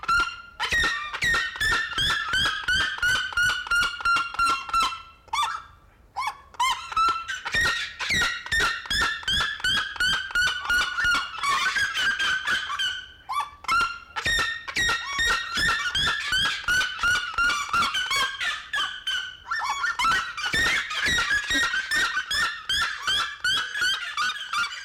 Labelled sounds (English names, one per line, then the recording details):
Black-legged Seriema call
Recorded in captivity
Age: adult
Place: Zoo Berlin, Berlin, DE
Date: 1992-12-05 11:29
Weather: schwach sonnig, ca. 4°C
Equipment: Marantz CP 430, Sennheiser ME 80, Kopie Tesla B 116
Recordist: Tembrock, Günter